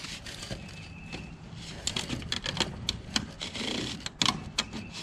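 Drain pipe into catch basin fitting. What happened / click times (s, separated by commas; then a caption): The plastic pipe snapped into its fitting / 4.2 s. A corrugated plastic drain pipe is worked into a catch basin fitting, producing a series of sharp plastic clicks and scraping knocks over a low rumble. It snaps into place with a clear click at 4.2 seconds, seated good and secure.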